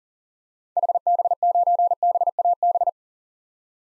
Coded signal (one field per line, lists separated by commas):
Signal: Morse code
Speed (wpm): 40 wpm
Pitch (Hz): 700 Hz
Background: none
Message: HB9BAB